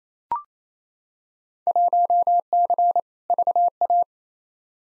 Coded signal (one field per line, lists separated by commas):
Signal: Morse code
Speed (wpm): 28 wpm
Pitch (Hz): 700 Hz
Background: none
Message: 1C VA